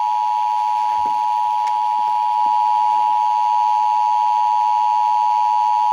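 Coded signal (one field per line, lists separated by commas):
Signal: Emergency Alert System (SAME) tones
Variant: 853 and 960 Hz attention tone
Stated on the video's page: Required Monthly Test relayed on public radio FM station, originated by state emergency management, aired 27 minutes late.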